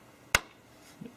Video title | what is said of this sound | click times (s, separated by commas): Thay Màn hình Laptop tại Đà Nẵng - GIA TÍN Computer - 0121.6789.888 | and run your hand along it and you'll hear all the snap snap in place do the same thing with all the snaps that are behind this | 0.3 s